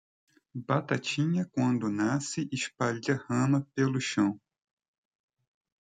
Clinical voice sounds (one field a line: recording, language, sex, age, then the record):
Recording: short text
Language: Brazilian Portuguese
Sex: male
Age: 30 to 39 years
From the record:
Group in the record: control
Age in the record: 35 years